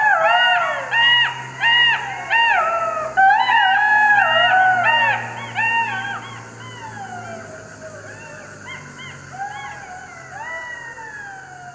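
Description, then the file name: Jackals howling together, several wavering, arched wails overlapping in quick succession, loud for six seconds and then fading to softer, sliding cries. "zvuki shakala"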